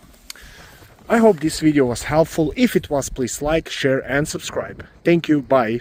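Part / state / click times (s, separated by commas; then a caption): plastic cap on a car coolant expansion tank / seated / 0.3 s. After coolant is topped up to the maximum line, the plastic cap on the coolant expansion tank of a Ford Fiesta (2009-2019) or Ford Focus (2012-2018) is turned clockwise until it clicks shut. A single sharp click sounds at 0.3 s in a quiet stretch, and the cap is seated. From about 1.1 s, someone talks.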